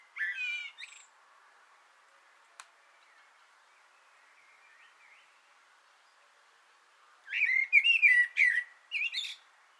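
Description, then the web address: Common blackbird song: a brief warble ending in high notes, a long pause, then a fuller fluted phrase with scratchy twittering. Singing from an antenna, 6 June 2025. "sammel Naturinspelningar Koltrast på antennen 2025 06 06"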